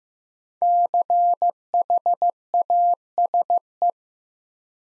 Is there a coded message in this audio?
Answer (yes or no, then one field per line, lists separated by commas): yes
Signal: Morse code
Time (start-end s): 0.6-3.9 s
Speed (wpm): 15 wpm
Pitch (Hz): 700 Hz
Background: none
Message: CHASE